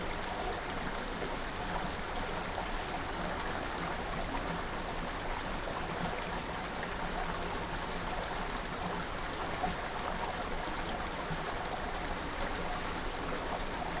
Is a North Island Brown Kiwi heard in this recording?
no